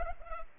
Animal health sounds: mosquito wingbeat signal from an infrared sensor; Culex pipiens

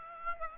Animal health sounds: mosquito wingbeat signal from an infrared sensor; Aedes aegypti

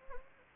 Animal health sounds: mosquito wingbeat signal from an infrared sensor; Anopheles gambiae

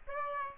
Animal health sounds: mosquito wingbeat signal from an infrared sensor; Aedes aegypti

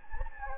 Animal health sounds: mosquito wingbeat signal from an infrared sensor; Anopheles gambiae

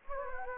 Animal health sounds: mosquito wingbeat signal from an infrared sensor; Anopheles gambiae

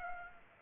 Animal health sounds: mosquito wingbeat signal from an infrared sensor; Aedes aegypti

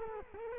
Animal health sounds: mosquito wingbeat signal from an infrared sensor; Culex quinquefasciatus

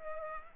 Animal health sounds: mosquito wingbeat signal from an infrared sensor; Culex pipiens

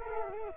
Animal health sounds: mosquito wingbeat signal from an infrared sensor; Culex quinquefasciatus

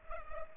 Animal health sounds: mosquito wingbeat signal from an infrared sensor; Culex pipiens

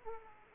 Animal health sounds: mosquito wingbeat signal from an infrared sensor; Aedes aegypti

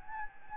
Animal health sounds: mosquito wingbeat signal from an infrared sensor; Anopheles gambiae

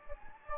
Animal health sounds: mosquito wingbeat signal from an infrared sensor; Anopheles gambiae

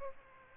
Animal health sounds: mosquito wingbeat signal from an infrared sensor; Aedes aegypti

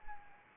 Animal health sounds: mosquito wingbeat signal from an infrared sensor; Anopheles arabiensis

